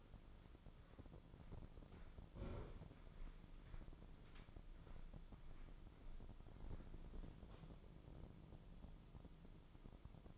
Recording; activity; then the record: daily activity, microphone in the room; walk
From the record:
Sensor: 5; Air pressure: 996.0 hPa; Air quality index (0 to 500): 248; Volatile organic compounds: 525 ppm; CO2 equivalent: 4851 ppm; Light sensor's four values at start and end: 194/462/197/216 and 193/461/196/215